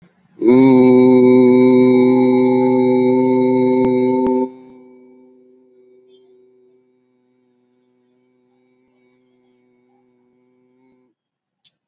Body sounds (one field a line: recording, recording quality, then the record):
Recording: sustained vowel as in boot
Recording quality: excellent, no background noise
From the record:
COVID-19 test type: RT-PCR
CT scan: not taken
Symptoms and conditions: none ticked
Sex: male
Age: 29 years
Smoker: yes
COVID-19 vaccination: both doses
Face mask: worn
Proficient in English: yes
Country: India